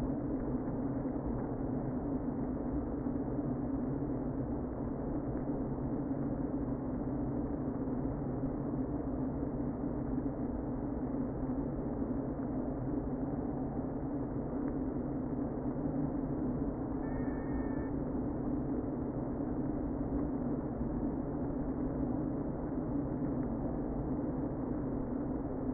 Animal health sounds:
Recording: honeybee colony, microphone inside the hive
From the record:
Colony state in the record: queen present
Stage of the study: before two queens were removed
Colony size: about 60,000 bees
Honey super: yes

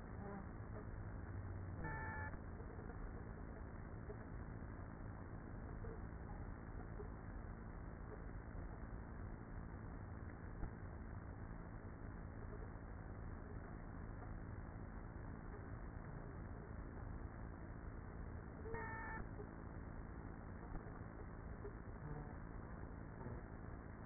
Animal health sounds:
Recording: honeybee colony, microphone inside the hive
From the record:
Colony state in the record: queenless with a low population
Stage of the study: after two queens were removed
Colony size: about 30,000 bees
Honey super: no

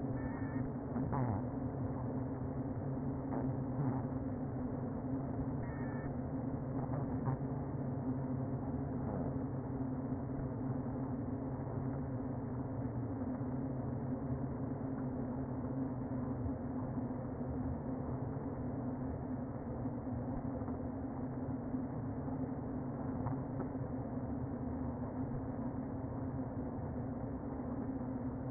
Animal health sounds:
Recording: honeybee colony, microphone inside the hive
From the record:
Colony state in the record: queen present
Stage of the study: before two queens were removed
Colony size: about 60,000 bees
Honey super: yes

